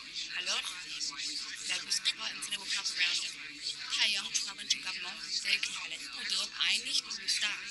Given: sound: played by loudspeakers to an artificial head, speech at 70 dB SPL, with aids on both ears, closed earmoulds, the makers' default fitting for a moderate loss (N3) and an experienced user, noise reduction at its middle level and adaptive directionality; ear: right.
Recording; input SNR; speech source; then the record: speech test signal (ISTS) in cocktail-party noise; -3 dB; on the right (90 degrees)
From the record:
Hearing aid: class 2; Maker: H